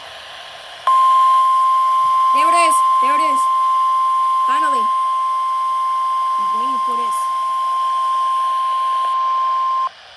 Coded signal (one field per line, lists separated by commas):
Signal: Emergency Alert System (SAME) tones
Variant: 1050 Hz attention tone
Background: speech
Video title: Required Weekly Test #3 (8/30/2023) (EAS #45)